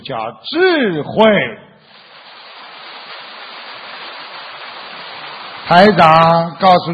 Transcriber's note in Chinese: 掌声